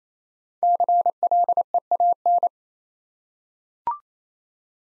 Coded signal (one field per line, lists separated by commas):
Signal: Morse code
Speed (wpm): 27 wpm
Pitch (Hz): 700 Hz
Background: none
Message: CLEAN